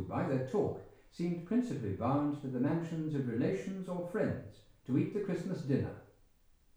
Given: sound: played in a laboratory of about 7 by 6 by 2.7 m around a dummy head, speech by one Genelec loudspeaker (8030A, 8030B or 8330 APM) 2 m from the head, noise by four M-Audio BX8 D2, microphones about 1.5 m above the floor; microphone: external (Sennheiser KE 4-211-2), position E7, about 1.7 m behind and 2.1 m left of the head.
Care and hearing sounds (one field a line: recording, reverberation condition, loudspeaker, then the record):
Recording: male speech in English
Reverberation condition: medium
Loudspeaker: 150 degrees to the left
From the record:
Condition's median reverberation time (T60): about 510 ms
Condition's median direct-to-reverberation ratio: about -0.5 dB